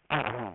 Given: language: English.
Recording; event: throat vibration sensor signal played as sound; throat clearing